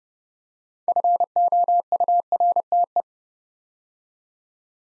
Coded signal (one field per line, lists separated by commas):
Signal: Morse code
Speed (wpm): 30 wpm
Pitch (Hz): 700 Hz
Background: none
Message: FOURTE